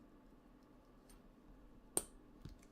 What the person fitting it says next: there's that click that was way better